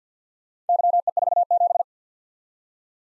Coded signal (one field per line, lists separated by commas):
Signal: Morse code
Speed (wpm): 52 wpm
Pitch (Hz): 700 Hz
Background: none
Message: YE47